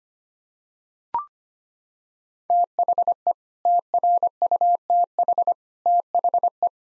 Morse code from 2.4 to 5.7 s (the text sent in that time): THE TRUTH